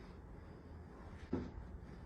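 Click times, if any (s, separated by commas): none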